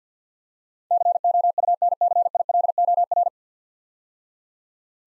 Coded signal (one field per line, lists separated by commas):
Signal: Morse code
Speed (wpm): 49 wpm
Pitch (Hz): 700 Hz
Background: none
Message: COUNCILOR